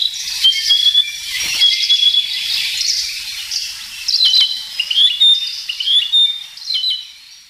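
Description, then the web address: Narcissus flycatcher song: clear whistled phrases with quick chirps and slurred notes, given in bursts. "sikioto. kibitaki"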